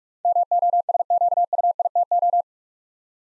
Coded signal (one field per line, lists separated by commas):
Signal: Morse code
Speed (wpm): 44 wpm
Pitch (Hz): 700 Hz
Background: none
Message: MOSQUITO